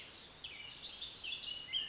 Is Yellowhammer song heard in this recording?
no